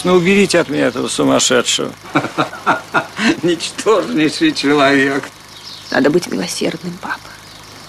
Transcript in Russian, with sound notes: Ну, уберите от меня этого сумасшедшего. — (Смех) Ничтожнейший человек!
— Надо быть милосердным, папа.